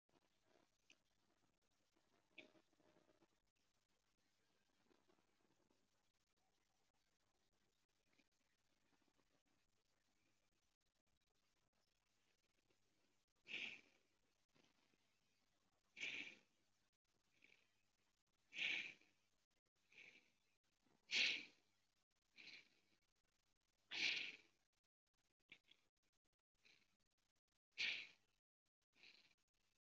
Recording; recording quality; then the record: shallow breathing; excellent, no background noise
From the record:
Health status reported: healthy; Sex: male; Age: 26 years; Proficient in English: yes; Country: India